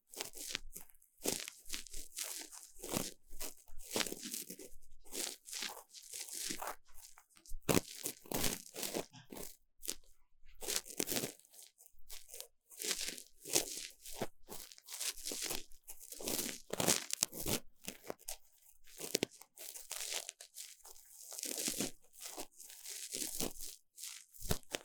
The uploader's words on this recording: ASMR 3Dio 耳掃除 귀 청소 | Ear Cleaning | No Talking.